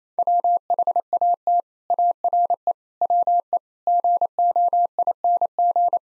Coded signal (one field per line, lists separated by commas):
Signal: Morse code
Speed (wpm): 28 wpm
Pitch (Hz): 700 Hz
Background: none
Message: WHAT ARE WE GOING